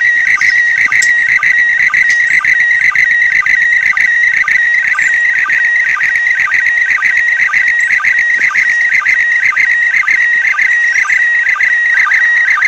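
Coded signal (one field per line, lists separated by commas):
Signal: SSTV (slow-scan television)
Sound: warbling, chirping tone around 2 kHz with a steady tick about twice a second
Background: radio static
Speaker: I'm gonna show you how I do a slow scan TV from the ISS so I did a couple passes over the weekend use it my HT ham radio and my arrow antenna and I just saved the recording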